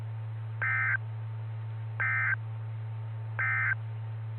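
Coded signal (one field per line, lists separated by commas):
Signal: Emergency Alert System (SAME) tones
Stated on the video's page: Heard on the 146.9200 MHz repeater.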